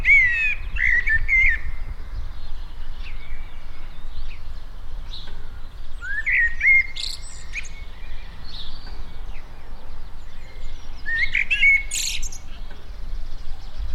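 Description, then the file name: Common blackbird singing, rich fluty phrases ending in thin high twittering, three bouts spaced several seconds apart, over a constant low rumble. "Turdus merula"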